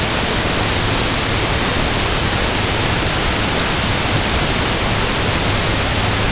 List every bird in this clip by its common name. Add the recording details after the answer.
none. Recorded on Arctic tundra, site UTQI-5, on 21 June 2018. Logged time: 06:00